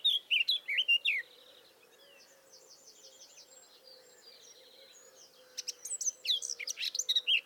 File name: Sylvia atricapilla